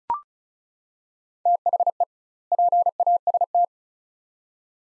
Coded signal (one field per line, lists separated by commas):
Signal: Morse code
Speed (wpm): 34 wpm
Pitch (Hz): 700 Hz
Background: none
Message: THE PAST